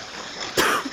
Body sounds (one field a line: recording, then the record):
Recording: coughing mixed with background sound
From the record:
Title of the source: 31 night wet cough